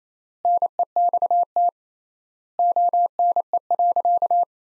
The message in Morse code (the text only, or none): NEXT ONE.